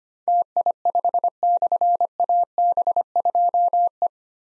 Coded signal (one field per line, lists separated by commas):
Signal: Morse code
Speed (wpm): 25 wpm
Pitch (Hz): 700 Hz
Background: none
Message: TI5/AB2E